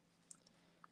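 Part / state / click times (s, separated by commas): plastic hand onto figure wrist peg / partly seated / 0.3 s, 0.8 s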